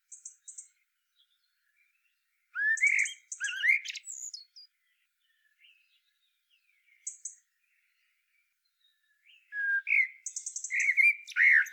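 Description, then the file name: Common blackbird song: softer warbled whistles and scratchy twitters in two bursts, with thin high chipping notes around them and long quiet stretches. "Turdus merula"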